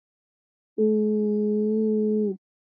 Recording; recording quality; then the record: sustained vowel as in boot; excellent, no background noise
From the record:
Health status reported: respiratory illness, not identified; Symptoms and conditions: none ticked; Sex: male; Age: 22 years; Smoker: not ticked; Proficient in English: yes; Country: India